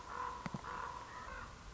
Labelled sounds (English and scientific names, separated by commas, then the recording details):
Common Raven (Corvus corax)
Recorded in Sonoma County, California